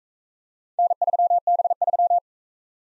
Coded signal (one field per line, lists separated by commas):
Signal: Morse code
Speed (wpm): 43 wpm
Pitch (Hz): 700 Hz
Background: none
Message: N3B3